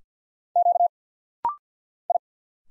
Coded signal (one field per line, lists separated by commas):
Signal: Morse code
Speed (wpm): 47 wpm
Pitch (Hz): 700 Hz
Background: none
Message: Q I